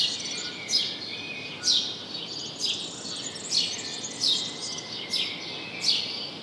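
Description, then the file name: House sparrow, repeated shrill chirps sliding downward, spaced unevenly near one per second, against a light hiss and background twitter. "Passer domesticus"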